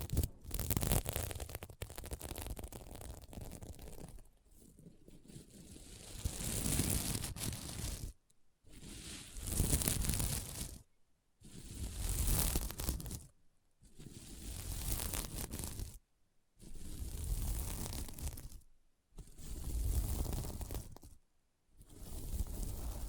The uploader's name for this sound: SequinMermaid Pillow Scratching Sounds